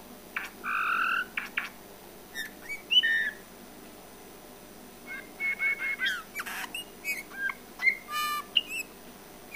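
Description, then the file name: Eurasian bullfinch opening with a long buzzy harmonic call, then scattered whistled notes and creaky chirps, busier in the second half. "Pyrrhula pyrrhula"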